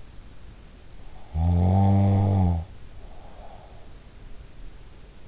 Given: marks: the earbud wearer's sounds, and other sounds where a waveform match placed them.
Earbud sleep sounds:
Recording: sounds in sleep by an in-ear microphone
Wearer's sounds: snoring breath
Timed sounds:
1.32-4.52 s: snoring breath

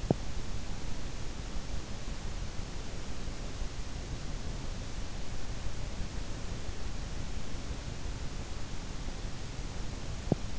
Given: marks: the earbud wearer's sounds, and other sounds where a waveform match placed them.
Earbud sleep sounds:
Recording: sounds in sleep by an in-ear microphone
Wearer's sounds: teeth grinding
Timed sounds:
0.00-0.39 s: teeth grinding
9.99-10.58 s: teeth grinding

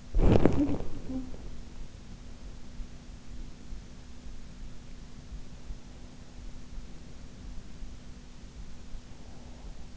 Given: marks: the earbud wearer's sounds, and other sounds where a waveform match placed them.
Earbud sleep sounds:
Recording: sounds in sleep by an in-ear microphone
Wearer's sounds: body movement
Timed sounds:
0.00-1.71 s: body movement
0.50-1.38 s: sound from someone else or the room

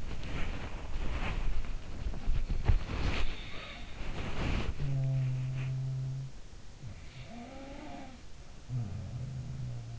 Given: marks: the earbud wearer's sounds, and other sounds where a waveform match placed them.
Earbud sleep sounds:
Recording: sounds in sleep by an in-ear microphone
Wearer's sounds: body movement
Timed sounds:
0.00-4.71 s: body movement
2.32-6.46 s: sound from someone else or the room
6.86-9.99 s: sound from someone else or the room

